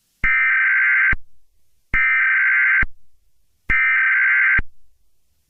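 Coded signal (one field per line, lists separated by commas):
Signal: Emergency Alert System (SAME) tones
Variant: header bursts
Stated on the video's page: Fictional EAS scenario.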